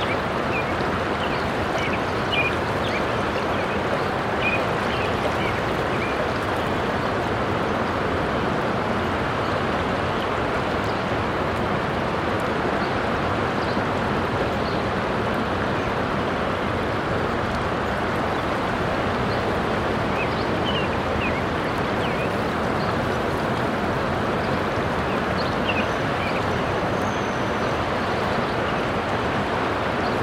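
A river or creek rushes in a steady, dense roar that holds unchanged for the full thirty seconds, strongest in the low and middle range. Faint high chirps, likely birds, break through now and then, mostly early on and again near twenty seconds.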